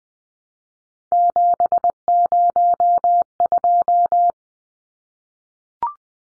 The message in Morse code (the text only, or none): 702